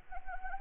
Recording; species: mosquito wingbeat signal from an infrared sensor; Anopheles arabiensis